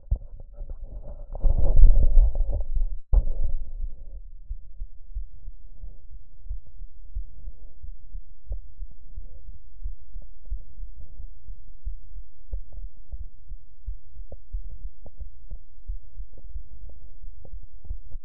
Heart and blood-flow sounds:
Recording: heart sounds by stethoscope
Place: pulmonary valve (PV)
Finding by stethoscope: normal heart sounds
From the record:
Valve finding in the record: normal valve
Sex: male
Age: 75 years

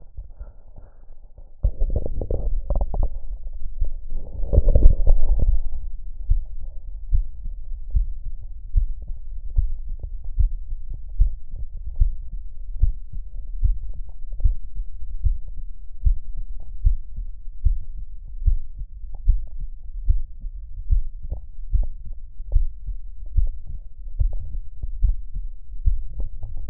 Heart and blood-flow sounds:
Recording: heart sounds by stethoscope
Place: aortic valve (AV)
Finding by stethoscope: normal heart sounds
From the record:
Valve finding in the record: sclerotic aortic valve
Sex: female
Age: 60 years

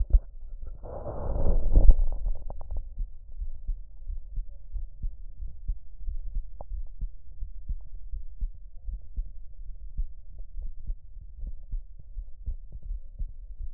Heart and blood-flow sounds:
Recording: heart sounds by stethoscope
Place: aortic valve (AV)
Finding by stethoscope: normal heart sounds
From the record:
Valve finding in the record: normal valve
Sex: male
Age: 42 years

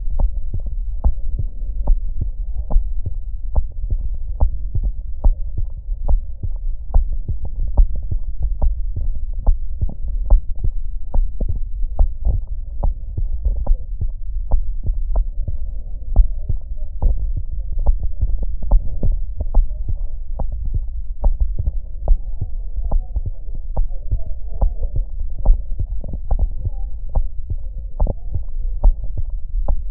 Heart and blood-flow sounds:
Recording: heart sounds by stethoscope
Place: pulmonary valve (PV)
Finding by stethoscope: metallic prosthetic valve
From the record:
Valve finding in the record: normal valve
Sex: male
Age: 34 years

